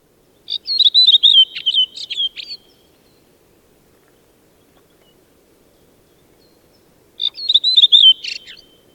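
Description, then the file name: Redwing uttering a brief warbling twitter of rapid high notes, heard twice with a long silent pause between phrases. "Golosa ptic i zverei - Drozd-belobrovnik"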